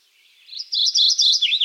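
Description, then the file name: Mourning Warbler singing a short, rapid phrase of repeated two-note chirps at high pitch, finishing with lower slurred notes; background otherwise quiet. "Geothlypis philadelphia - Mourning Warbler"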